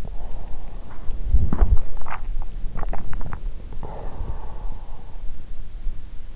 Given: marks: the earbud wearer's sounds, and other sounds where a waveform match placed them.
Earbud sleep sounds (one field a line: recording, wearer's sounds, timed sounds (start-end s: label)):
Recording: sounds in sleep by an in-ear microphone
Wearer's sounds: body movement, swallowing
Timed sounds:
0.00-2.24 s: body movement
2.24-5.29 s: swallowing